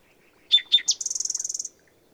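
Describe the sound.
Bird song: two sharp downslurred notes and a higher note, followed by a fast, even high trill of many pulses, in a quiet background.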